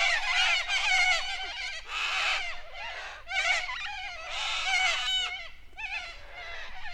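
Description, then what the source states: Cockatoos giving loud grating screeches, a flock calling over one another in rough repeated bursts. Several cockatoos calling raucously.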